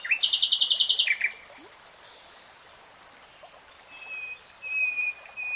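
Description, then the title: Nightingale song: a loud rapid trill of repeated notes for about a second, a pause of hiss, then long pure whistled notes swelling later. Nightingale singing, real-time recording. "[Tiếng chim hót] REALTIME Nightingale Singing"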